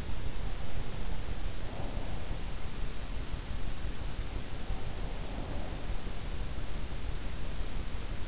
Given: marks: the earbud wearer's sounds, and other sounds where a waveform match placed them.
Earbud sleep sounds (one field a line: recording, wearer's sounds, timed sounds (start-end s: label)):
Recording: sounds in sleep by an in-ear microphone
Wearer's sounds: breath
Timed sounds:
1.67-2.18 s: breath